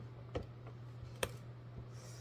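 A plastic part is pressed onto a kitchen slicer or chopper base, with a soft tick at 0.4 s, then a loud, sharp plastic click at 1.2 s as it latches. A steady low hum runs underneath, and the part is locked in place.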